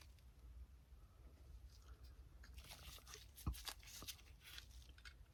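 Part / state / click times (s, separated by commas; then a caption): 3D-printed porch section into model house body / not seated / none. A 3D-printed plastic porch section of an N scale model house is handled and slid toward its slot in the house body, which has a sliding mechanism that locks it into place. Soft scraping and crinkly handling noise over a low steady hum is broken by short sharp ticks around 3.1, 3.7 and 4.6 seconds. The clip ends before the porch goes home, so nothing has seated or clicked yet.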